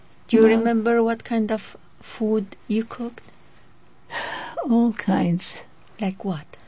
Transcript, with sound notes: Do you remember what kind of food you cooked?
(she sighs) All kinds.
Like what?